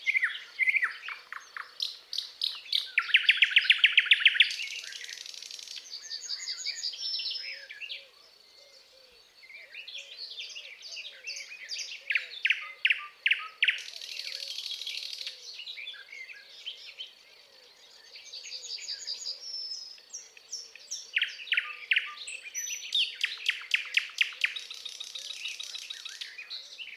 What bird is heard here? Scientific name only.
Luscinia luscinia